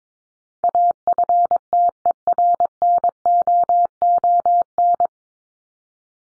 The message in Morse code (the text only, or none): AFTERNOON